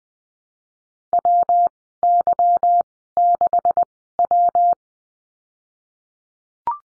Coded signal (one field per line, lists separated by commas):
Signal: Morse code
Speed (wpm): 20 wpm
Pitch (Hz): 700 Hz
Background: none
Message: W Y 6 W